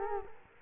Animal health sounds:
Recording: mosquito wingbeat signal from an infrared sensor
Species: Culex quinquefasciatus

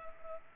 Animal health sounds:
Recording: mosquito wingbeat signal from an infrared sensor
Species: Culex pipiens

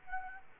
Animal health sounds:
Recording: mosquito wingbeat signal from an infrared sensor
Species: Culex quinquefasciatus

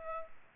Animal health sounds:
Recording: mosquito wingbeat signal from an infrared sensor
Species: Culex pipiens

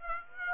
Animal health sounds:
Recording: mosquito wingbeat signal from an infrared sensor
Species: Aedes aegypti

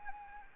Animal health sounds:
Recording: mosquito wingbeat signal from an infrared sensor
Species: Anopheles gambiae

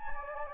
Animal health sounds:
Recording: mosquito wingbeat signal from an infrared sensor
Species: Anopheles gambiae

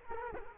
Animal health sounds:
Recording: mosquito wingbeat signal from an infrared sensor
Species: Culex quinquefasciatus

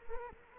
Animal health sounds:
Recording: mosquito wingbeat signal from an infrared sensor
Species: Culex quinquefasciatus

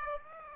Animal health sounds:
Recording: mosquito wingbeat signal from an infrared sensor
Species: Aedes aegypti

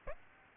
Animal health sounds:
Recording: mosquito wingbeat signal from an infrared sensor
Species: Aedes aegypti

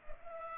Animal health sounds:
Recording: mosquito wingbeat signal from an infrared sensor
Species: Culex pipiens

